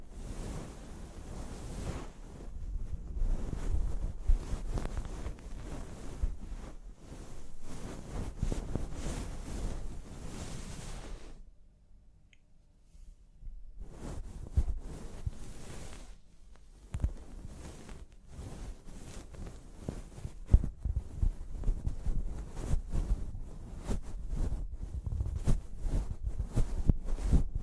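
A scalp massage during a hair wash: dense, rough rubbing and scrubbing sounds with a steady low rumble, like fingers working through wet hair. The friction swells and eases in uneven bursts, drops to near silence from about 11 to 14 seconds, then resumes just as thick.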